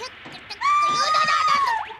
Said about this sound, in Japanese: 今の悲鳴は。